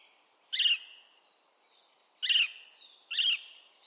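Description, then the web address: Bird calls: three loud, harsh chirps with pauses between, against faint high whistles in the background. "Bird Only"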